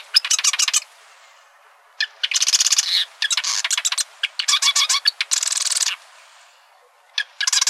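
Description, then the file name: Marsh wren giving dry, buzzy rattling bursts of rapid clicking notes, each about a second long or less, separated by pauses and repeated several times. Arizona, 4 July 2003. "MAWR 3 deviche"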